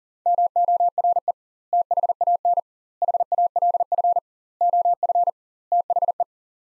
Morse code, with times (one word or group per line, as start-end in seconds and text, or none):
0.3-1.3 MORE
1.7-2.6 THAN
3.0-4.2 HALF
4.6-5.3 OF
5.7-6.2 THE